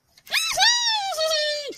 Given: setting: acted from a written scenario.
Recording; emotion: vocal sound without words; pride